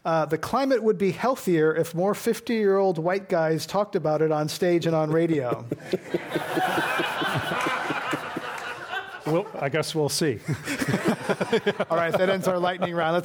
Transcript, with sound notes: The climate would be healthier if more 50-year-old white guys talk about it on stage and on radio?
[Laughter]
I guess we'll see.
Alright. That ends our lightning round.